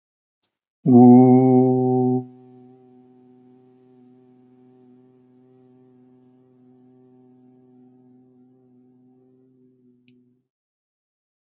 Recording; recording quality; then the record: sustained vowel as in boot; excellent, no background noise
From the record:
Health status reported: healthy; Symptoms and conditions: none ticked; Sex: male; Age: 52 years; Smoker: not ticked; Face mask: not worn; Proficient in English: yes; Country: India